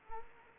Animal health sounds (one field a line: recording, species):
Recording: mosquito wingbeat signal from an infrared sensor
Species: Anopheles arabiensis